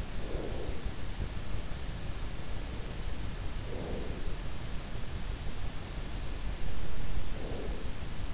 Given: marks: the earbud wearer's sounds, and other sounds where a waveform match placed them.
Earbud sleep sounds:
sounds in sleep by an in-ear microphone; breath
0.00-1.35 s: breath
3.17-4.51 s: breath
6.85-8.24 s: breath

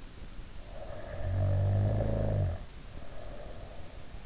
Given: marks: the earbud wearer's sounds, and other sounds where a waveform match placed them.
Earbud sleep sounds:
sounds in sleep by an in-ear microphone; snoring breath
0.57-4.11 s: snoring breath

